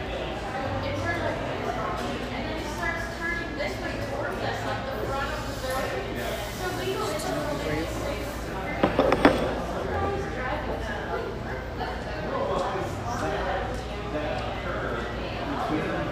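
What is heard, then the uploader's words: Steady, dense chatter fills a busy café, many voices overlapping with no single speaker standing out. Around nine seconds a few sharp clinks, like dishes or cutlery, cut through, while the murmur holds level throughout. Irvine, California. Cheerful, bustling background noise of this sunny café in one of the OC's most upscale neighborhoods.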